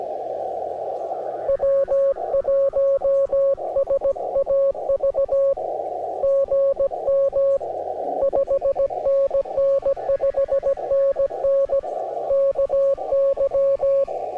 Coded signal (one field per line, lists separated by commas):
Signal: Morse code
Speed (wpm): 17 wpm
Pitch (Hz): 550 Hz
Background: music, radio noise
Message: W1SAV GM 5NN 5NN KY